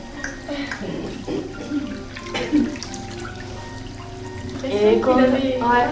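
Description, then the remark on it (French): Bath water pours and splashes as a baby is bathed, in a steady, rushing wash of noise that swells louder toward the end, while voices talk over it. “J'aimerais te rebaigner, toi.”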